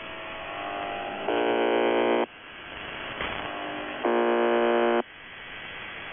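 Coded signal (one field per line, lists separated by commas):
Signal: channel marker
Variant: UVB-76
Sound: two harsh, roughly one-second low buzzes separated by hissing radio noise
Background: radio static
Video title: [UVB-76, The Buzzer] 1 Day, 5 Breakdowns; 10. June 2020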